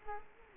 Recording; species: mosquito wingbeat signal from an infrared sensor; Culex quinquefasciatus